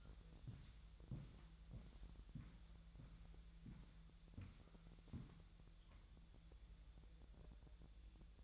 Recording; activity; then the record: daily activity, microphone in the room; walk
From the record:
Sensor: 3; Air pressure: 1001.9 hPa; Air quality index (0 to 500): 244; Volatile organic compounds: 117 ppm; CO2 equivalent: 3857 ppm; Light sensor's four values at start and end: 9/21/9/9 and 9/21/9/9